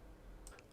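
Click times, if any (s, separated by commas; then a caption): 0.5 s, 0.6 s. A plastic door trim panel on a Peugeot 207 is hooked on at the door latch, pushed down, and pressed by hand so its plastic retaining clips lock into the metal car door frame. Two short, sharp tick-like snaps are heard at 0.5 s and 0.6 s over a low background hum. The clips snap in and the panel is seated.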